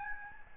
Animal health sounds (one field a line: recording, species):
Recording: mosquito wingbeat signal from an infrared sensor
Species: Aedes albopictus